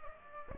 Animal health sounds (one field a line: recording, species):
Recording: mosquito wingbeat signal from an infrared sensor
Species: Aedes aegypti